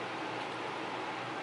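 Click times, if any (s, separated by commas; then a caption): none. A small wearable contraction-monitor sensor is handled toward its snap mount on an adhesive sticker patch. Only a steady, even hiss with a faint low hum is heard, with no sharp sounds. Nothing has seated or clicked yet.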